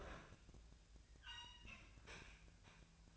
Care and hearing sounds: daily activity, microphone in the room; open fridge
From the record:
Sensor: 2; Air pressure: 1009.6 hPa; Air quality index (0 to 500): 183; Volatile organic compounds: 11 ppm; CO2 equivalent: 2287 ppm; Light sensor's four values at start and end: 26/64/28/30 and 26/64/28/30

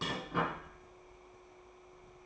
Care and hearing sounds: daily activity, microphone in the room; place plate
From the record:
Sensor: 1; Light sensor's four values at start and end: 4/10/3/4 and 4/10/3/4

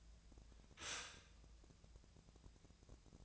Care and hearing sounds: daily activity, microphone in the room; stop toaster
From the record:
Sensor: 2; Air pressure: 1000.0 hPa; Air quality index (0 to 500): 146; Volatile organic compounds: 2 ppm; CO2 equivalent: 1233 ppm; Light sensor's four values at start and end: 26/66/28/30 and 26/65/28/30

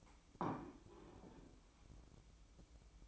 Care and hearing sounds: daily activity, microphone in the room; place plate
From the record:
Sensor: 1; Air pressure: 1007.5 hPa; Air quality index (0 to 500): 77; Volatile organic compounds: 1 ppm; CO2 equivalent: 667 ppm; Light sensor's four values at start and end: 8/19/8/8 and 8/19/7/8

